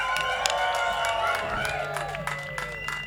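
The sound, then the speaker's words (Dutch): A festival crowd at ADM Festival, Het Groene Veld, cheers and applauds steadily after a band's set and for the sound crew, a dense wash of clapping with scattered shouts and whistles rising over a constant murmur of voices. “En mag ik ook een hartelijk applaus voor mijn techniek alsjeblieft daar!”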